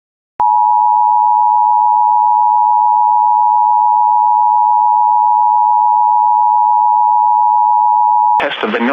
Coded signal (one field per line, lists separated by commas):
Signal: Emergency Alert System (SAME) tones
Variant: 853 and 960 Hz attention tone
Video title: (⚠️VALID TONES⚠️)WJONIP Comp with TONS of EAS including RWTS and Severe weather alerts